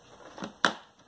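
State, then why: Seated. The retractable carry handle of a 1988 Casio VF-3000 portable TV/VCR is pulled up out of its plastic housing, with a softer rubbing knock around 0.4 s. A sharp click at 0.7 s marks the handle locking in its raised position.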